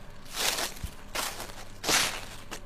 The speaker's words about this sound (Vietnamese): Từ đằng xa có tiếng bước chân bước lại gần, sột soạt dẫm trên nền lá mục.